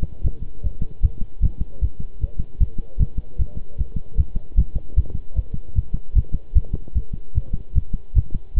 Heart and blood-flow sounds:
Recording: heart sounds by stethoscope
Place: between the tricuspid and mitral areas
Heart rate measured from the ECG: 151 bpm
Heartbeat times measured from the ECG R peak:
0.24 s: heartbeat
0.63 s: heartbeat
1.03 s: heartbeat
1.42 s: heartbeat
1.81 s: heartbeat
2.21 s: heartbeat
2.60 s: heartbeat
2.99 s: heartbeat
3.38 s: heartbeat
3.78 s: heartbeat
4.17 s: heartbeat
4.57 s: heartbeat
4.96 s: heartbeat
5.36 s: heartbeat
5.75 s: heartbeat
6.15 s: heartbeat
6.55 s: heartbeat
6.95 s: heartbeat
7.35 s: heartbeat
7.75 s: heartbeat
8.15 s: heartbeat
8.56 s: heartbeat
From the record:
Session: pedaling a stationary bicycle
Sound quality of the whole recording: good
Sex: male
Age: 23 years

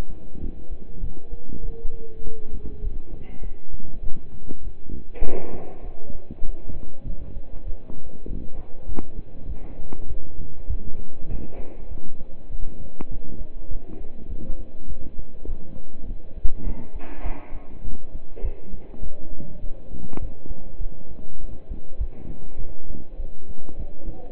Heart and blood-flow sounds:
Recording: heart sounds by stethoscope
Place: between the tricuspid and mitral areas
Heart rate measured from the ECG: 100 bpm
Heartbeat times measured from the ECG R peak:
0.42 s: heartbeat
1.03 s: heartbeat
1.63 s: heartbeat
2.24 s: heartbeat
2.84 s: heartbeat
3.43 s: heartbeat
4.04 s: heartbeat
4.64 s: heartbeat
5.24 s: heartbeat
5.84 s: heartbeat
6.46 s: heartbeat
7.06 s: heartbeat
7.67 s: heartbeat
8.28 s: heartbeat
8.88 s: heartbeat
9.48 s: heartbeat
10.08 s: heartbeat
10.69 s: heartbeat
11.30 s: heartbeat
11.91 s: heartbeat
12.51 s: heartbeat
13.11 s: heartbeat
13.71 s: heartbeat
14.30 s: heartbeat
14.89 s: heartbeat
15.48 s: heartbeat
16.08 s: heartbeat
16.66 s: heartbeat
17.25 s: heartbeat
17.85 s: heartbeat
18.44 s: heartbeat
19.03 s: heartbeat
19.63 s: heartbeat
20.21 s: heartbeat
20.81 s: heartbeat
21.41 s: heartbeat
22.00 s: heartbeat
22.60 s: heartbeat
23.19 s: heartbeat
23.79 s: heartbeat
From the record:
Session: pedaling a stationary bicycle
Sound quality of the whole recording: partially saturated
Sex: male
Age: 27 years

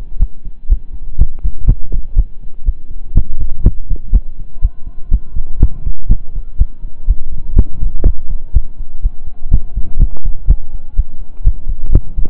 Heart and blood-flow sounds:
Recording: heart sounds by stethoscope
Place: between the tricuspid and mitral areas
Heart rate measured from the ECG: 123 bpm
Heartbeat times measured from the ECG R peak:
0.18 s: heartbeat
0.68 s: heartbeat
1.17 s: heartbeat
1.65 s: heartbeat
2.14 s: heartbeat
2.64 s: heartbeat
3.13 s: heartbeat
3.62 s: heartbeat
4.11 s: heartbeat
4.60 s: heartbeat
5.09 s: heartbeat
5.58 s: heartbeat
6.07 s: heartbeat
6.57 s: heartbeat
7.06 s: heartbeat
7.54 s: heartbeat
8.02 s: heartbeat
8.52 s: heartbeat
9.01 s: heartbeat
9.49 s: heartbeat
9.97 s: heartbeat
10.46 s: heartbeat
10.95 s: heartbeat
11.43 s: heartbeat
11.90 s: heartbeat
From the record:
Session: slow and fast walking with breaks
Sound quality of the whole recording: saturated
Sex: male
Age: 25 years

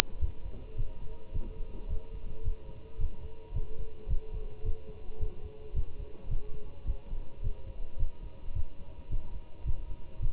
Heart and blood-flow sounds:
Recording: heart sounds by stethoscope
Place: between the tricuspid and mitral areas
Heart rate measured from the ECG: 108 bpm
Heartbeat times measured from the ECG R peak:
0.21 s: heartbeat
0.77 s: heartbeat
1.34 s: heartbeat
1.90 s: heartbeat
2.45 s: heartbeat
3.00 s: heartbeat
3.55 s: heartbeat
4.09 s: heartbeat
4.65 s: heartbeat
5.21 s: heartbeat
5.76 s: heartbeat
6.30 s: heartbeat
6.87 s: heartbeat
7.43 s: heartbeat
7.99 s: heartbeat
8.55 s: heartbeat
9.11 s: heartbeat
9.66 s: heartbeat
10.22 s: heartbeat
From the record:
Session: Bruce protocol treadmill stress test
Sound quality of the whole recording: good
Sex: male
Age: 25 years

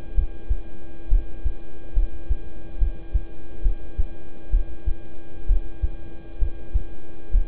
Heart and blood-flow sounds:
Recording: heart sounds by stethoscope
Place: between the tricuspid and mitral areas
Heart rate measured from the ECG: 67 bpm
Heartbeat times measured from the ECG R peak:
0.14 s: heartbeat
1.08 s: heartbeat
1.93 s: heartbeat
2.78 s: heartbeat
3.62 s: heartbeat
4.50 s: heartbeat
5.46 s: heartbeat
6.39 s: heartbeat
7.31 s: heartbeat
From the record:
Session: rest, lying down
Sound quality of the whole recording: good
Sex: male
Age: 26 years

